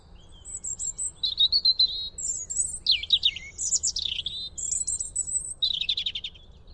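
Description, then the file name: European robin song: a run of thin, high, tinkling warbled phrases, shifting quickly between sweeping notes and rapid trills, with quiet low background hum. "Erithacus rubecula"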